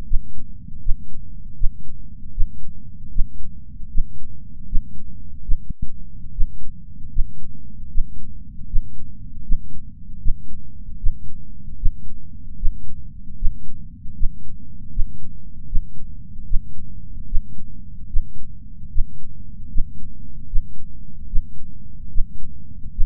Heartbeat.